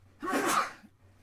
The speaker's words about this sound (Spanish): Voy a estornudar, lo siento.